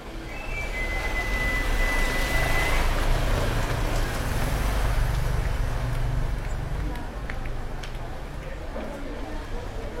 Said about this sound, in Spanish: Un tránsito de autos y motores permanente, de alta intensidad.